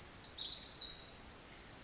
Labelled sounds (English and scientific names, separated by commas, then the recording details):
Pacific Wren (Troglodytes pacificus)
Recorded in Sonoma County, California